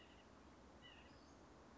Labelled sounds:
Western Flycatcher (Empidonax difficilis)
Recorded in Sonoma County, California

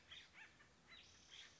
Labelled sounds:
Acorn Woodpecker (Melanerpes formicivorus)
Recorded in Sonoma County, California

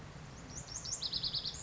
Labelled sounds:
Lazuli Bunting (Passerina amoena)
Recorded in Sonoma County, California

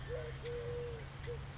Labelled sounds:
Eurasian Collared Dove (Streptopelia decaocto)
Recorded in Sonoma County, California

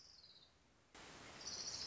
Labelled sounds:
Orange-crowned Warbler (Leiothlypis celata)
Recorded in Sonoma County, California

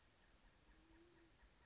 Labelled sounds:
Band-tailed Pigeon (Patagioenas fasciata)
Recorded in Sonoma County, California

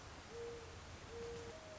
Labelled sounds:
Mourning Dove (Zenaida macroura)
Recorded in Sonoma County, California

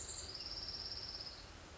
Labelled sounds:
Orange-crowned Warbler (Leiothlypis celata)
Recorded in Sonoma County, California

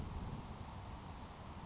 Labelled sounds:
Grasshopper Sparrow (Ammodramus savannarum)
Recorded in Sonoma County, California

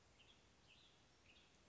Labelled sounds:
Western Tanager (Piranga ludoviciana)
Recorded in Sonoma County, California

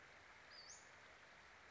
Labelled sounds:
Western Flycatcher (Empidonax difficilis)
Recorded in Sonoma County, California

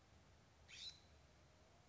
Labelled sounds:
California Scrub-Jay (Aphelocoma californica)
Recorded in Sonoma County, California

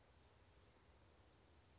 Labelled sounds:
Western Flycatcher (Empidonax difficilis)
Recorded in Sonoma County, California

